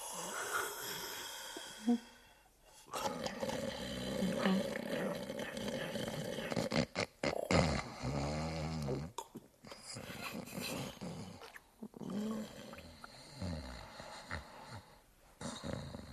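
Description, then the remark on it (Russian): A man snores loudly in his sleep, a series of rough, rasping, growling breaths repeating unevenly over several seconds, with no talking. “Дремота сморила его рано, и он лег спать. Как только я услышал храп, дремота сморила и меня, и я тоже уснул.”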